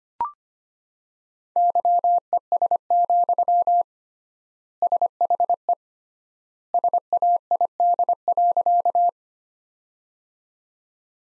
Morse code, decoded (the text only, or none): YES, SHE SAID.